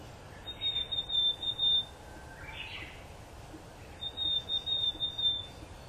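Willow tit giving two bursts of thin, high, even-pitched notes, each a quick series, separated by a pause with a faint other sound and steady hiss.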